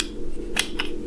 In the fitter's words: the sides in. It'll click into place. Just like that.